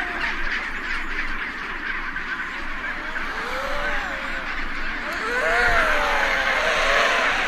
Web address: chinstrap penguin